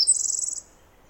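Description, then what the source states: Pacific wren song fragment, a brief high trill that stays level, then fades out after about half a second, leaving quiet. Singing in trees above the microphone in the morning after a dawn chorus, 11-13 May 2018, Snider Jackson/Rugged Ridge trail.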